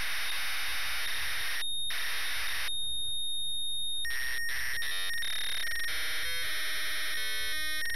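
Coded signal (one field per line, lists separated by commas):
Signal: ZX Spectrum tape loading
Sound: harsh buzzing data bursts with short gaps, a steady high tone, then warbling raspy tones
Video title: WEST BANK (ZX SPECTRUM) # INCLUDING FULL TAPE LOADING # GAMEPLAY #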